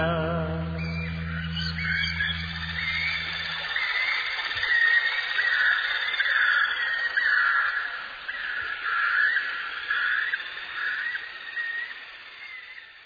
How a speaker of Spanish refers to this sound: Bueno, entonces después de esta hermosa canción... todos los pájaros, ¿sí? Todos los pájaros, sí.